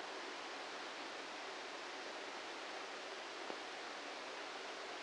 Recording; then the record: brain microelectrode recording played as sound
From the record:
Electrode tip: outside the subthalamic nucleus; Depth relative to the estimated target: -6 mm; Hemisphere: left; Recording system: NeuroSet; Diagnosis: Parkinson's disease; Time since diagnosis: 8 years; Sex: male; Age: 58 years